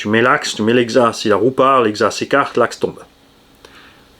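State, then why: Seated. Someone talks while assembling a Tamiya BBX 1/10 RC car kit, then a clip-on plastic/alloy wheel hex is pushed onto the axle. It seats with one short, sharp click at 3.7 s, unlike the kit's stock hexes, which do not clip on.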